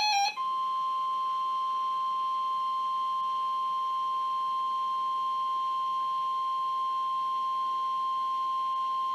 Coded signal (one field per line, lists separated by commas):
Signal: Emergency Alert System (SAME) tones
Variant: 1050 Hz attention tone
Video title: EAS #214 - Special Marine Warning 2-21-2014